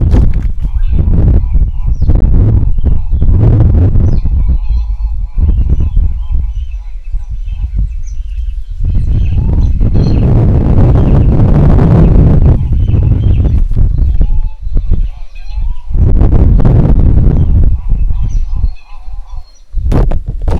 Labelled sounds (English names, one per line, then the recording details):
White-crested Turaco
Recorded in northern Uganda